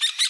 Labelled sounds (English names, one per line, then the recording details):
Brown-throated Parakeet contact call
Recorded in Bonaire
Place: 1 km E of roosting area just N of Seru Largu
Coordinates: 12.199, -68.268